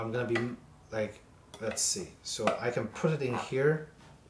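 A piece of Ring Spotlight Cam Battery and Solar Panel mount hardware is handled and pushed toward a small plastic holder where a mount clip locks it in. Someone talks throughout. Nothing has seated or clicked yet.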